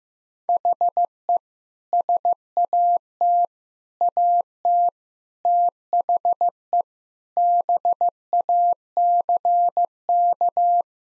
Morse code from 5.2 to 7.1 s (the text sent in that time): THE